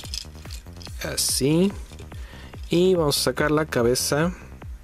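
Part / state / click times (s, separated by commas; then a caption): head of a transforming robot action figure, pulled out of the torso / not seated / none. Someone talks over trance music while pulling the plastic head of a Hoist Transformers Generations 30th Anniversary robot figure out of its torso during transformation, with faint handling ticks underneath. The head has not yet clicked into its extended position; nothing has seated yet.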